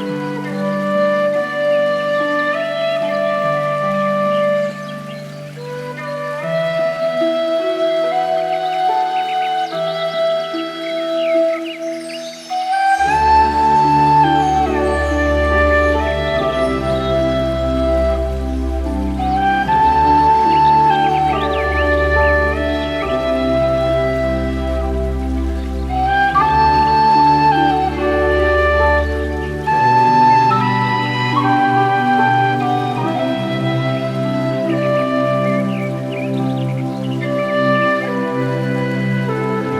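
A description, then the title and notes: Chakra meditation music of slow, sustained tones. For the first thirteen seconds mid and high notes hold softly; then a deep bass drone and fuller chords enter, and the harmony shifts gently every five seconds or so while bell-like upper tones ring over the top. Chakra Meditation Music and Relaxing Nature Sounds.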